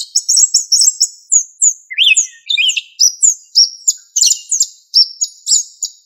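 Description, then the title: Thrush song of varied phrases: high trills and chirps, then lower rising whistles, followed by repeated twittering notes. "Familia Turdidae - Sabia"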